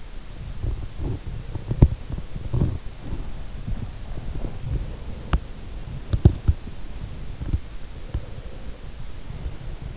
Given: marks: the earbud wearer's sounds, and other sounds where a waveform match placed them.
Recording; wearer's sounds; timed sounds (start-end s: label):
sounds in sleep by an in-ear microphone; teeth grinding
0.00-9.10 s: teeth grinding